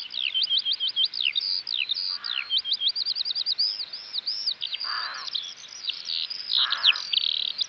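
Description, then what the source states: Eurasian Skylark song, a fast chain of high swooping notes and trills without pause, with brief lower buzzy bursts at intervals. Recorded in West Clare; synonymous with warm summer days; the song is incredibly fast.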